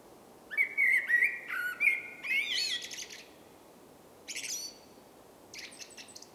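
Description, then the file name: Common blackbird song: a flowing phrase of deep fluted whistles ending in scratchy high notes, then two short high twitters. "Turdus merula"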